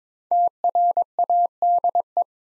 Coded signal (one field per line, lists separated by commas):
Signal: Morse code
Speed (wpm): 22 wpm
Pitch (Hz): 700 Hz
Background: none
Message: TRADE